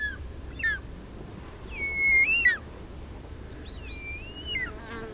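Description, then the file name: Short-toed snake eagle uttering long, drawn-out plaintive whistles that waver and then drop, with a few shorter slurred notes, over low background noise. "Marco Dragonetti - Zmeeyad Circaetus gallicus"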